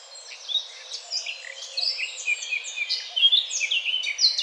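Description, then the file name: Eurasian blackcap song, a continuous rapid warble of varied high chirps and squeaky notes with no pauses, rising and falling in loudness. "Sylvia atricapilla"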